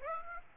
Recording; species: mosquito wingbeat signal from an infrared sensor; Aedes aegypti